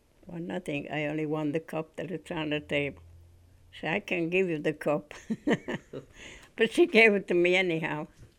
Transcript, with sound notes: or nothing. I only want the cup that is on the table." She says, "I can't give you the cup." ( she laughs ) But she gave it to me anyhow.